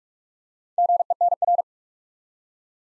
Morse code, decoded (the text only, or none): GENR